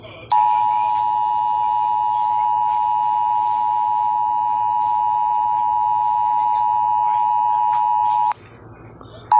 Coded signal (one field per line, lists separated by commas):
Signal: Emergency Alert System (SAME) tones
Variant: 853 and 960 Hz attention tone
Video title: EAS #83 Special Marine Warning on KALT-FM